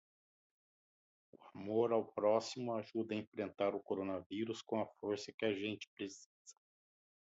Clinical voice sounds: spoken sentence; Brazilian Portuguese; male; 50 to 59 years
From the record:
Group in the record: control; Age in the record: 57 years

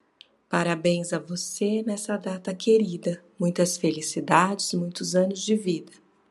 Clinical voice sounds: short text; Brazilian Portuguese; female; 40 to 49 years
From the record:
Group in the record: control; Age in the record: 47 years

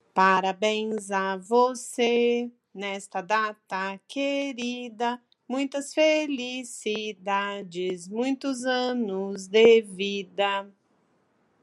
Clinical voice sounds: short text; Brazilian Portuguese; female; 40 to 49 years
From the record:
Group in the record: control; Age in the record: 49 years

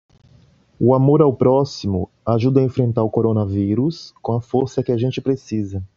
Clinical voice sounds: spoken sentence; Brazilian Portuguese; male; 40 to 49 years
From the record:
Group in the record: control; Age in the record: 43 years

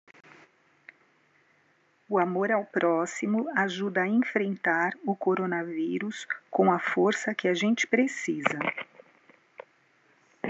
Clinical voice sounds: spoken sentence; Brazilian Portuguese; female; 50 to 59 years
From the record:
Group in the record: control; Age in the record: 53 years

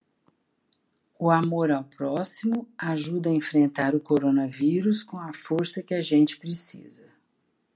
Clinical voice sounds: spoken sentence; Brazilian Portuguese; female; 60 to 69 years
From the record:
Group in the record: control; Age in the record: 60 years

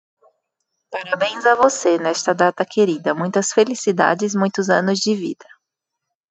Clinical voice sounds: short text; Brazilian Portuguese; female; 30 to 39 years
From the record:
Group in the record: control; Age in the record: 32 years

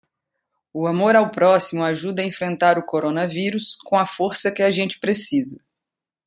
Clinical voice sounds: spoken sentence; Brazilian Portuguese; female; 40 to 49 years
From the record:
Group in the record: control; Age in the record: 41 years

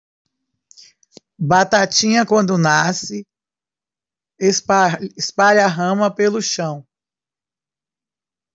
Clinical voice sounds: short text; Brazilian Portuguese; female; 40 to 49 years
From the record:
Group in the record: control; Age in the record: 49 years

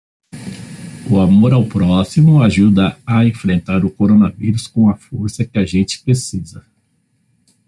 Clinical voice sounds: spoken sentence; Brazilian Portuguese; male; 50 to 59 years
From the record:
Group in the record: control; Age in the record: 54 years

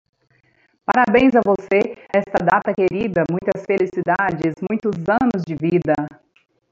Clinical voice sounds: short text; Brazilian Portuguese; female; 30 to 39 years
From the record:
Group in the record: control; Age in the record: 37 years

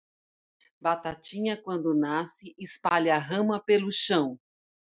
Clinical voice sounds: short text; Brazilian Portuguese; female; 40 to 49 years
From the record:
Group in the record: control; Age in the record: 48 years

